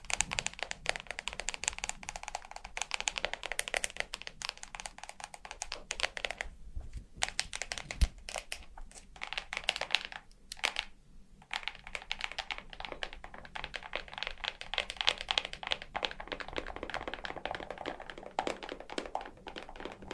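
Fingernails tap in a fast, dense stream of sharp, bright clicks, almost like rapid typing. The tapping runs nearly nonstop for twenty seconds, with brief pauses around seven, ten and eleven seconds and a louder knock near eight seconds.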